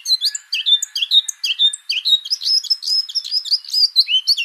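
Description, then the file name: Eurasian blackcap giving a fast, continuous warble of varied high chirps and short whistled notes, running without pause for several seconds. "Sylvia atricapilla"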